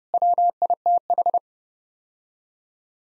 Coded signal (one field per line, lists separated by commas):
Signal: Morse code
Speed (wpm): 30 wpm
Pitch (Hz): 700 Hz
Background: none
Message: WITH